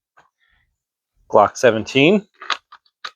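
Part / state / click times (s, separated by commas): pistol into polymer retention holster / not seated / none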